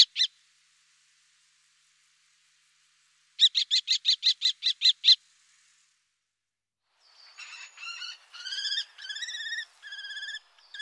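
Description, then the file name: Common kestrel with a quick run of piercing repeated kee notes, followed later by wavering, drawn-out whining calls with a tremulous quality. "Faucon crecerelle"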